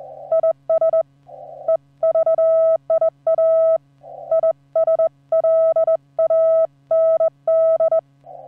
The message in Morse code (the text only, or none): IS EVIA ISLAND